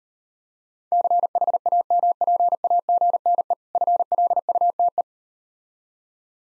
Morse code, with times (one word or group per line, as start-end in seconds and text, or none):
0.9-3.5 CHAMPAGNE
3.8-5.0 FLUTE